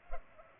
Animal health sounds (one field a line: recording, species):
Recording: mosquito wingbeat signal from an infrared sensor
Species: Culex pipiens